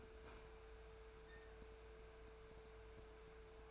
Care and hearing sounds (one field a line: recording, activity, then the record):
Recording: daily activity, microphone in the room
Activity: open fridge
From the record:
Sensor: 2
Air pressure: 1014.7 hPa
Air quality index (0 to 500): 192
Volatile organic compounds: 16 ppm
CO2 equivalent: 2546 ppm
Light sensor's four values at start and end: 9/23/9/10 and 9/23/9/10